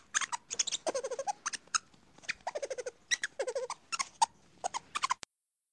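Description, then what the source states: Lemur giving rapid high chirps in dense runs, some with lower, falling squeaky notes mixed in, ending abruptly. High-pitched, rapid chirps.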